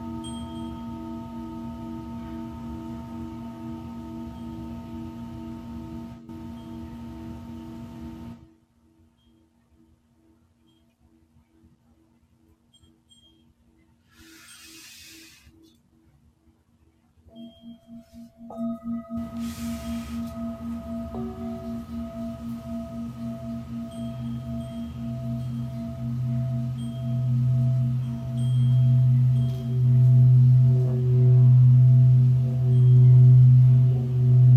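Singing bowls ring with steady, sustained tones for the first eight seconds, then drop to a faint, pulsing hum with two brief soft rustles around 14 and 19 seconds. From about 19 seconds a new bowl rings out and swells steadily louder, its low tone throbbing in slow, regular waves.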